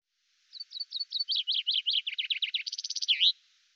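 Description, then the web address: Bird song: one high trill of sharp repeated notes, accelerating and dipping lower before a fast buzzy ending and a final slurred note. "birddata Deverinetal 2025 Bird Fr Co"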